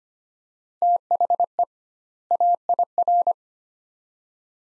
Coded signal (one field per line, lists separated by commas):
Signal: Morse code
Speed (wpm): 25 wpm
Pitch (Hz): 700 Hz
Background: none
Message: THE AIR